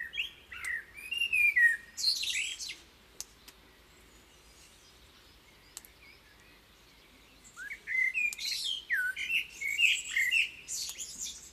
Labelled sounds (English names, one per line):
Common Blackbird song